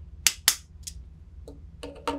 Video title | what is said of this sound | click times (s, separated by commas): HOW TO: Callaway OptiFit Hosel - Callaway Adjustable Hosel | I will re-insert the wrench and rotate clockwise then of course you have to wait until you hear a couple clicks and | 0.3 s, 0.5 s